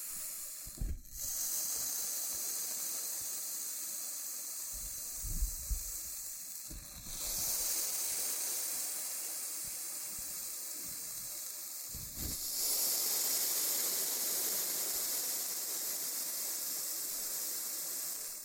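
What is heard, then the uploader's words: Loofah triggers: a continuous bright, hissy scratching runs throughout, growing rougher and fuller after about 12 seconds. A few soft low thumps land near 1, 5.5 and 12 seconds, with short breaks in the texture around 7 and 12 seconds. Loofah Triggers with Intense Peeling & Popping Sounds.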